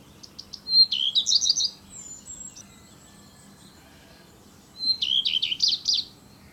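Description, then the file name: Common redstart song: two high phrases, each opening with a clear whistled note followed by a quick, scratchy, jingling twitter, separated by about three seconds of quieter sound. Male singing. "canto maschio codirosso phoenicurus common redstart colirrojo real"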